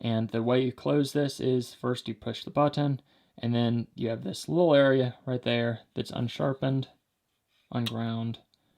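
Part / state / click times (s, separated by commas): knife blade into its handle lock / not seated / none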